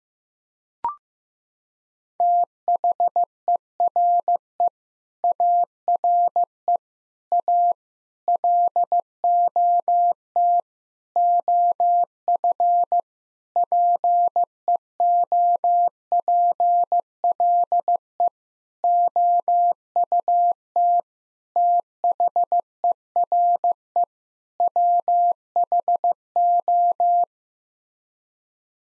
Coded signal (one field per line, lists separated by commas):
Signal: Morse code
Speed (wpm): 16 wpm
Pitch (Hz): 700 Hz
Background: none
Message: THERE ARE A LOT OF PEOPLE OUT THERE WHO